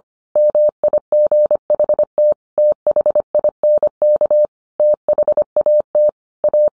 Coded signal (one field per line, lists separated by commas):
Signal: Morse code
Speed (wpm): 25 wpm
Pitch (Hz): 600 Hz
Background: none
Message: MIGHT THINK THAT A